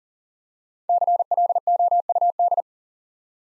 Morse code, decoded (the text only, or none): CLOUD